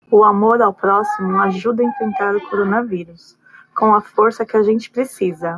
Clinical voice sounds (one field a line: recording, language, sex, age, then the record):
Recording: spoken sentence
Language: Brazilian Portuguese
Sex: female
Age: 30 to 39 years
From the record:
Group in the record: control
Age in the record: 39 years